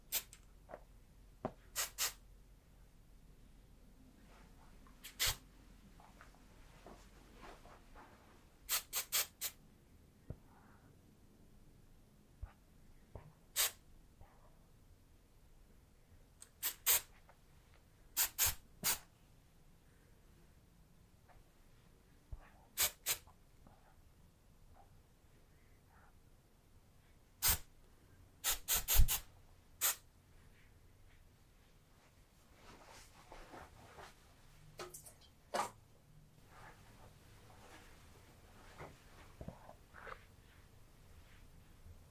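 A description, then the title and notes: Quiet haircut sounds with sharp, bright scissor snips every few seconds, some in quick pairs, over a soft low rustle. ASMR Tingly Hairplay Brushing, Scalp Massage, Haircut (No Talking).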